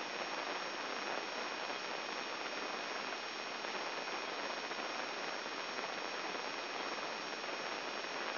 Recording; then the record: brain microelectrode recording played as sound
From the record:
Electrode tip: inside the subthalamic nucleus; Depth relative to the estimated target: 2 mm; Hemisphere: right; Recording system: AlphaMap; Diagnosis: Parkinson's disease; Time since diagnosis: 7 years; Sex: male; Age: 59 years